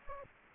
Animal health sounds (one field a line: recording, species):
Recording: mosquito wingbeat signal from an infrared sensor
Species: Anopheles gambiae